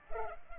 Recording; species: mosquito wingbeat signal from an infrared sensor; Culex pipiens